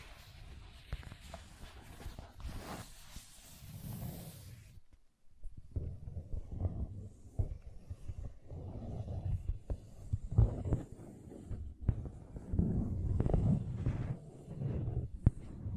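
Scratching and tracing on a surface: a rough, dense scrape with a hissy top fills the first four seconds, then stops briefly near five. After that come duller, low rubbing strokes in irregular bursts, punctuated by sharp clicks, with a faint high hiss behind.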